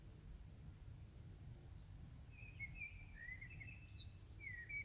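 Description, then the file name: Bird calls: a run of thin, slurred chirps and short descending notes in the second half, over a steady low rumble of background noise. "fugl"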